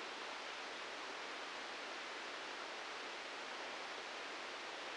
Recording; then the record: brain microelectrode recording played as sound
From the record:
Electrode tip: outside the subthalamic nucleus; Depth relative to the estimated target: 6 mm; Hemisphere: right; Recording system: NeuroSet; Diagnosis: Parkinson's disease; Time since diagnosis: 9 years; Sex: male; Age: 56 years